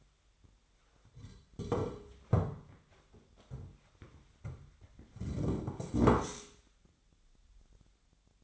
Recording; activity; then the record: daily activity, microphone in the room; sit down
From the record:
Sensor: 3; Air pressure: 1008.0 hPa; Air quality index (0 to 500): 191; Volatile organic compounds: 14 ppm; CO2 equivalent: 2446 ppm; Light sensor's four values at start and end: 12/29/12/12 and 12/29/12/12